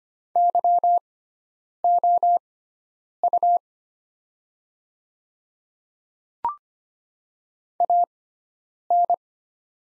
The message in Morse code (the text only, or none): YOU AN